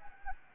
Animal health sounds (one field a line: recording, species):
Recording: mosquito wingbeat signal from an infrared sensor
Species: Anopheles arabiensis